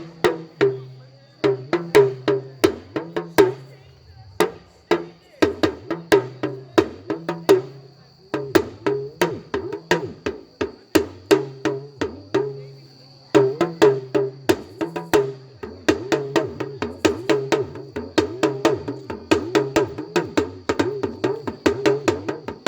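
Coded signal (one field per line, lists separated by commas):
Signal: talking drum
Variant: Yoruba dùndún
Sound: rapid drum strokes whose low pitch rises and falls like speech phrases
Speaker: That's what we call talking drum, oriki.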